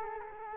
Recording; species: mosquito wingbeat signal from an infrared sensor; Culex quinquefasciatus